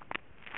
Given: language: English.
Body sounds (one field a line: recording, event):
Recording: throat vibration sensor signal played as sound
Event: swallow